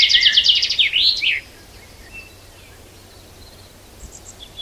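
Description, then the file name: Common chaffinch song: the end of a fast trill and its flourish in the first second and a half, then near quiet with faint chirps. "Fringilla coelebs"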